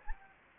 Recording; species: mosquito wingbeat signal from an infrared sensor; Anopheles gambiae